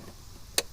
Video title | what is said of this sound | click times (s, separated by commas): Honda CRV Engine & Cabin Air Filter Replacement Process - Cost, Examples, Personal Experinces!! | it's hard to do with one hand but there you go you hear the click | 0.6 s